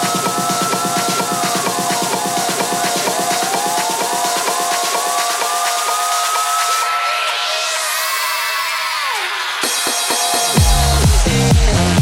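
Dance music for bumper cars plays with a fast, steady beat under dense layers and gliding synth tones. Around seven seconds a bright sweep climbs, the low end drops away, then a break near ten seconds brings heavy booming bass hits.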